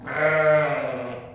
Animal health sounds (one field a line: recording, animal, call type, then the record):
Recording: contact call of a hoofed animal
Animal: sheep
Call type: low-frequency (closed-mouth) or high-frequency (open-mouth) call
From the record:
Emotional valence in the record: negative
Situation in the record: short social isolation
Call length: 1.35 s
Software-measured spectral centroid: 1550 Hz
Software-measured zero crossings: 1730 a second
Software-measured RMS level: -23 dBFS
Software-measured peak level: -9 dBFS